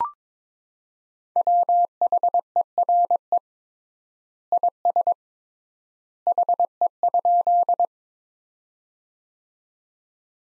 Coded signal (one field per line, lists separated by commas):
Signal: Morse code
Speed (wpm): 22 wpm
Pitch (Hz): 700 Hz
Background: none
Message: WHERE IS HE?